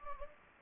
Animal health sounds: mosquito wingbeat signal from an infrared sensor; Anopheles gambiae

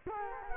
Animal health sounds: mosquito wingbeat signal from an infrared sensor; Culex quinquefasciatus

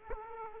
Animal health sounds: mosquito wingbeat signal from an infrared sensor; Aedes aegypti

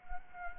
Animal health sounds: mosquito wingbeat signal from an infrared sensor; Culex quinquefasciatus

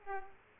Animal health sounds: mosquito wingbeat signal from an infrared sensor; Aedes aegypti

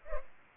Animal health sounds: mosquito wingbeat signal from an infrared sensor; Culex pipiens

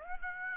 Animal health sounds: mosquito wingbeat signal from an infrared sensor; Aedes aegypti

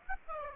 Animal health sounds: mosquito wingbeat signal from an infrared sensor; Aedes aegypti

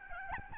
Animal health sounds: mosquito wingbeat signal from an infrared sensor; Aedes albopictus

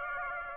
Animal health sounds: mosquito wingbeat signal from an infrared sensor; Aedes aegypti

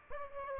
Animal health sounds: mosquito wingbeat signal from an infrared sensor; Aedes aegypti

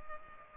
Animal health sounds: mosquito wingbeat signal from an infrared sensor; Culex pipiens

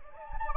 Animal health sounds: mosquito wingbeat signal from an infrared sensor; Anopheles gambiae

